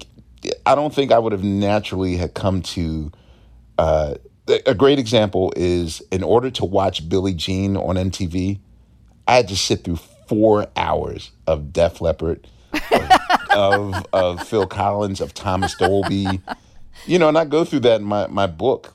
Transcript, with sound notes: Like, I don't think I would have naturally had come to - a great example is in order to watch "Billie Jean" on MTV, I had to sit through four hours of Def Leppard... (Laughter) ...Of Phil Collins or Thomas Dolby. You know, and I go through that in my book.